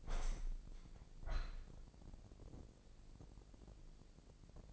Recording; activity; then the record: daily activity, microphone in the room; open window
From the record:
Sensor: 5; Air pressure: 1012.3 hPa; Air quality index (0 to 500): 158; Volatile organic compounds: 2 ppm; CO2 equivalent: 1073 ppm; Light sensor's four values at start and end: 104/251/106/117 and 103/249/105/116